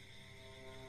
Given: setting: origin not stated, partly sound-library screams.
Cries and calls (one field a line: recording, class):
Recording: one-second piece from a danger detection set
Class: normal situation